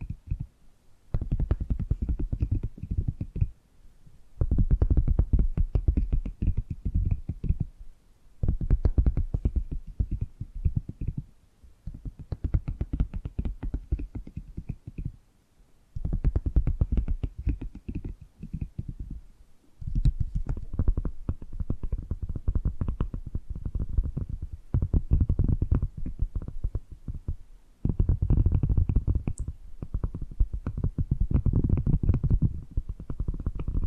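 Dense bursts of tapping and gripping, low and rumbling, come in runs of a few seconds separated by short silences, steady throughout.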